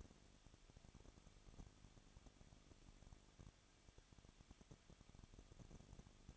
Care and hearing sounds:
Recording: daily activity, microphone in the room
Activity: no activity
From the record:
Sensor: 4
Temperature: 23.0 degrees Celsius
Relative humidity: 34.1%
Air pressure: 1007.3 hPa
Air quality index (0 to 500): 214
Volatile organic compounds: 14 ppm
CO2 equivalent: 2468 ppm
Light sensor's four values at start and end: 2/3/1/1 and 2/3/1/1

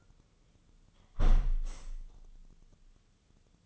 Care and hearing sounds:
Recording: daily activity, microphone in the room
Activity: close window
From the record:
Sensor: 4

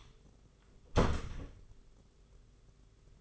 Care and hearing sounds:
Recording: daily activity, microphone in the room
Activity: close door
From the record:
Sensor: 4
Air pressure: 991.2 hPa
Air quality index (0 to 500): 133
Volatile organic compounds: 46 ppm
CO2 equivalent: 3245 ppm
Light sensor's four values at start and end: 14/34/13/15 and 9/22/8/9

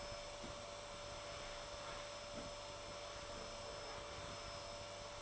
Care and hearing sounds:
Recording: daily activity, microphone in the room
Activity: vacuum cleaning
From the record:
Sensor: 5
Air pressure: 1007.8 hPa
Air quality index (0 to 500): 95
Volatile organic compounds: 1 ppm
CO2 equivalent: 748 ppm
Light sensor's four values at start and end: 34/79/32/32 and 34/79/32/32

